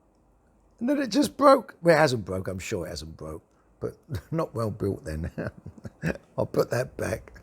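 Someone talks while handling the loose fold-out stand piece of a plastic Galaxy Note 10 Plus phone case, working it back into position after thinking it had broken. No sharp sound is heard, and the piece has not yet seated or clicked into place.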